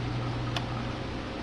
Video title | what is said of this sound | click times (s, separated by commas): Dell Latitude D600 Keyboard Installation/ Replacement | There we go. That was a solid pop I was waiting for. | 0.6 s